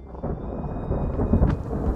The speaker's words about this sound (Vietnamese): Rồi bất chợt một tia sét lóe lên, mang theo cả tiếng gầm vang dữ dội. Từng hạt mưa thì nhau trút xuống, vàng trắng cả cánh đồng.